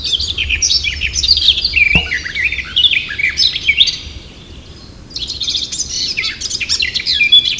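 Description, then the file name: Eurasian blackcap giving a hurried warbling phrase with a single sharp click midway, then a quiet pause and a second bright, chattering warble. "Sylvia atricapilla"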